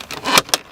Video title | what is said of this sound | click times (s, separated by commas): N54 Boost Guage DIY! (E82) | Yep, just clicked right into place. | 0.5 s